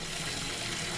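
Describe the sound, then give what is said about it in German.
Water runs steadily from a tap into a bathtub, a continuous hissing gush with a low rumble underneath, even and unbroken throughout. “dann in die Badewanne gelegt und den Wasserhahn aufgedreht.”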